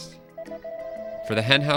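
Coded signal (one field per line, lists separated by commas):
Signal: none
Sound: a game's menu beeps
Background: speech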